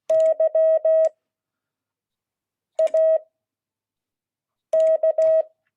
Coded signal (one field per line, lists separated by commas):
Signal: Morse code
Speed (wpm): 16 wpm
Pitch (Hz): 640 Hz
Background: none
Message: YAK